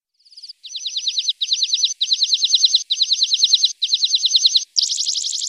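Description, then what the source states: Lark song: rapid, regular trills of high chirped notes in repeated phrases of under a second, separated by tiny gaps, ending in a harsher buzzy trill. Masteran tutor song used to train songbirds.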